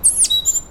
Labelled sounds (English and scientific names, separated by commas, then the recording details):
Stitchbird (Notiomystis cincta) song
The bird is a male
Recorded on Tiritiri Matangi Island, New Zealand, in 2005
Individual 1, of nest box 1